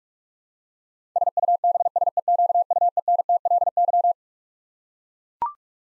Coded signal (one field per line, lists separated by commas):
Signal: Morse code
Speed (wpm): 42 wpm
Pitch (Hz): 700 Hz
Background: none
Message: SUBSEQUENTLY